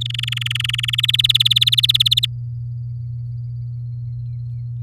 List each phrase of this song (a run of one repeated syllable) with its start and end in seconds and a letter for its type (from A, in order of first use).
0.01-1.06 A, 1.08-2.26 B